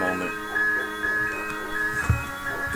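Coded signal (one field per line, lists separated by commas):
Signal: none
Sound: a game's sound effects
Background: speech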